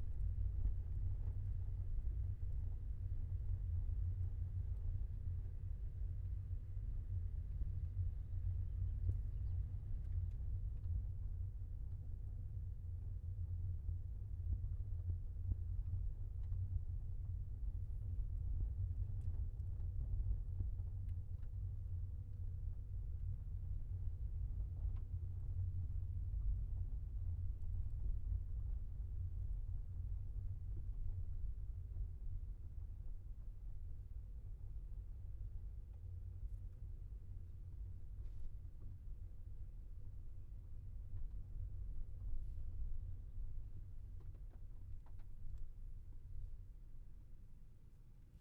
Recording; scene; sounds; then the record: everyday scene through a hearing-aid microphone; in a vehicle; engine, rumble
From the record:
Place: Skoda Fabia, gasoline engine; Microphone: behind the ear, left, rear